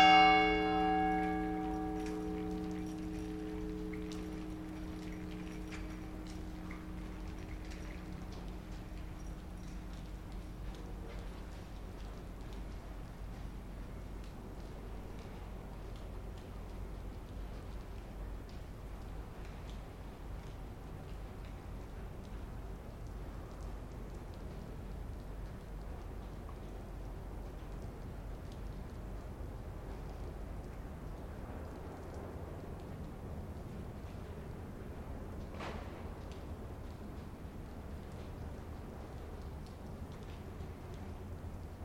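A struck iron flagpole rings and slowly fades over ten seconds, then steady light rain hisses, with a low hum and one sharp knock near the end.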